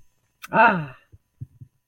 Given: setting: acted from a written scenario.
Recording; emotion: vocal sound without words; pride